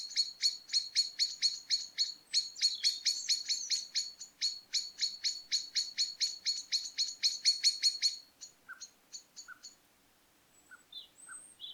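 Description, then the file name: Common blackbird giving a long, steady run of harsh rattling notes for about eight seconds, then a few scattered lower and higher single notes. "Turdus merula"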